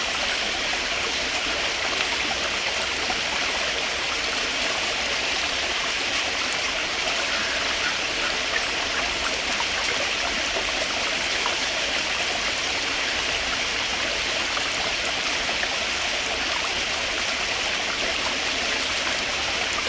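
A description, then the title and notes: Cool water burbles and trickles steadily throughout, a dense, even rush that stays bright with no pauses or swells. Fine splashing detail fills the upper range while a soft low rumble sits underneath, and the level holds constant from start to finish. Blue Rock Springs. Morning coffee on the creek.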